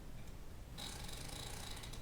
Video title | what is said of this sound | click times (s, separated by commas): Installing a Graco Extend2Fit Convertible Carseat Forward-Facing with the Seat Belt | you hear that clicking? That means it's switched into locked mode, okay? | 1.9 s